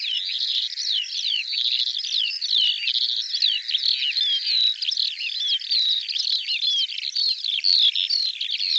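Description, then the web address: Bird song pouring out continuously: dense, high-pitched chattering phrases with twittering trills and short slurred whistles, with no pauses. Audio cleaned and normalized. "cianscape birddata Deverinetal 2025 File cleaned normalized Bird Al Ar"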